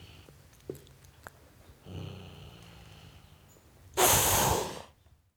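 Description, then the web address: Domestic cat giving one loud, breathy hiss lasting under a second. Tom cat, male, hissing at a dog. "BBC Sound Effects Library - Cats Tom Cat Hissing At Dog"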